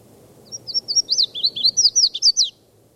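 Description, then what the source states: Red-faced Warbler song, a quick run of high, slurred chips that grows louder before ending abruptly. Foot of Mount Eldon Road, 17 May, about 10 to 10:30; sang after several other calls while flying from one tree to another.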